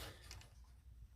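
A front panel on a plastic transforming toy figure is pushed back onto the body until it locks in place. Against faint handling noise, a sharp small click comes at 0.3 s, followed by a softer tap at 0.4 s. The panel is seated.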